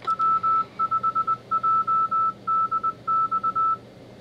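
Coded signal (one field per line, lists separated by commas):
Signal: Morse code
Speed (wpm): 20 wpm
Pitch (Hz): 1320 Hz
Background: none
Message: W5JDX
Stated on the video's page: Morse code related to a Hawaiian beacon, tropospheric ducting and a test of an Arduino-based Iambino keyer.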